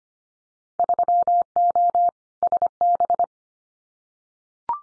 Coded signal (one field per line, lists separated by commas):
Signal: Morse code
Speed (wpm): 25 wpm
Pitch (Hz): 700 Hz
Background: none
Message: 3O SB